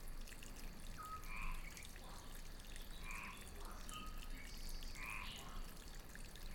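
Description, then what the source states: Frog croaks, short and rounded, at irregular intervals over steady trickling water. Recorded at a country fountain.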